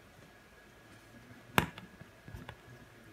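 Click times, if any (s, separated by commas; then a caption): 1.6 s. Flex cable connectors are pressed back onto their sockets on an iPhone 6 logic board during reassembly after replacing the power button. A sharp, bright click at 1.6 s is followed by fainter ticks near 1.8 s and 2.5 s, all over quiet background hiss. The connector seats with a small click at 1.6 s.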